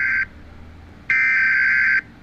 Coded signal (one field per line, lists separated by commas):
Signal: Emergency Alert System (SAME) tones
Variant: header bursts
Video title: EAS scenario 3 India versus America